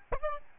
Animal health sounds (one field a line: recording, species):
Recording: mosquito wingbeat signal from an infrared sensor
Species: Aedes albopictus